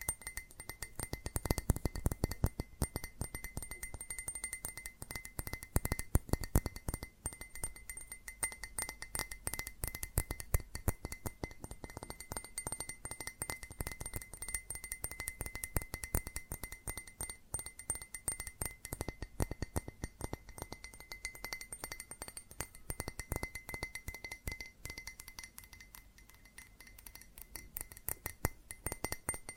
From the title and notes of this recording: ASMR Fast Tapping on GlassCeramic Objects (No Talking).